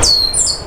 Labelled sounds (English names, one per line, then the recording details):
Stitchbird song
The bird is a male
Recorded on Tiritiri Matangi Island, New Zealand, in 2005
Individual 12, of nest box 16